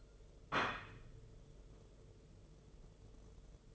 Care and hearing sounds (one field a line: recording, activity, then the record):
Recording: daily activity, microphone in the room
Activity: place plate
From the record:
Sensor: 4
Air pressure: 995.2 hPa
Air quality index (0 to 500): 197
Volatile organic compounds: 138 ppm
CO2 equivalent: 3970 ppm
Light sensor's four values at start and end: 10/24/9/10 and 10/24/9/10